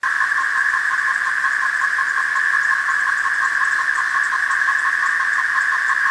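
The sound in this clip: Thirteen-year periodical cicada: a steady, dense droning buzz with a fine pulsing texture, unbroken throughout.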